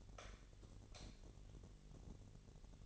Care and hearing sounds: daily activity, microphone in the room; light off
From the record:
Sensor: 4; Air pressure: 1012.7 hPa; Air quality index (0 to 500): 246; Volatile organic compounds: 4 ppm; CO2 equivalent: 1672 ppm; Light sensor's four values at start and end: 17/42/17/18 and 14/33/13/14

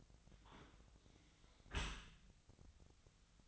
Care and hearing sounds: daily activity, microphone in the room; close dishwasher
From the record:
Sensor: 3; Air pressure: 1003.1 hPa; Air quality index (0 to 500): 197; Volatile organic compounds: 6 ppm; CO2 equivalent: 1927 ppm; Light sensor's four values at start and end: 29/71/30/33 and 30/73/31/34

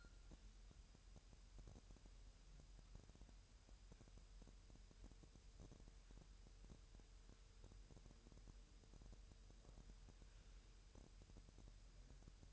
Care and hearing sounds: daily activity, microphone in the room; wipe stove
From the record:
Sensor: 2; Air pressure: 1000.8 hPa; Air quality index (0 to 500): 248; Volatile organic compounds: 97 ppm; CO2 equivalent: 3738 ppm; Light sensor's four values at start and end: 9/22/9/9 and 9/22/9/9

